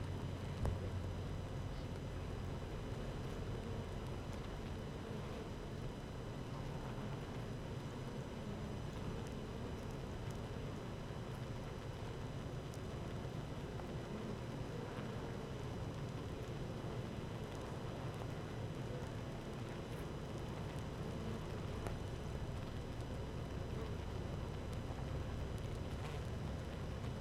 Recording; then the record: honeybee colony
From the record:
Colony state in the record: active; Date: 12 June 2018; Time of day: 15:04